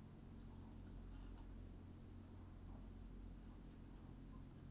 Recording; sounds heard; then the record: poultry house recording; healthy chickens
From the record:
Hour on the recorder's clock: 21